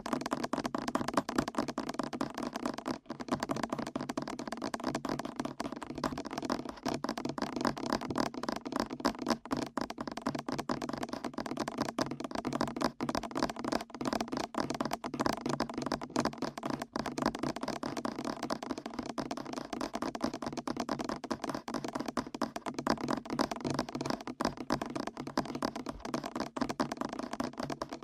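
Fast ear tapping runs without pause for the whole stretch, a dense stream of quick, crisp taps and small cracks that never settles into a steady beat. The level stays even throughout, with only a brief gap near three seconds.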